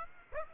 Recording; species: mosquito wingbeat signal from an infrared sensor; Aedes aegypti